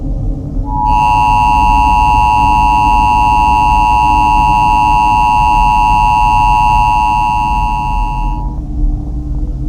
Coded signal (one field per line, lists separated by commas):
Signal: Emergency Alert System (SAME) tones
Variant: 853 and 960 Hz attention tone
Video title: NK-USA Nuclear War [EAS Scenario] {Old}